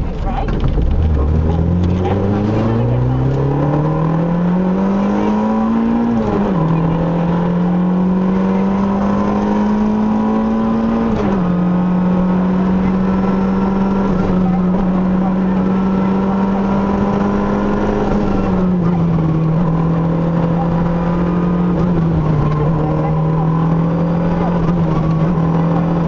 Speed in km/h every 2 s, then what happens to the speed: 37, 58, 77, 93, 108, 118, 114, 124, 118, 106, 97, 106, 95.
0-15 speeds up to 124. 15-17 brakes to 106. 17-23 steady at about 106. 23-26 brakes to 95.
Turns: none.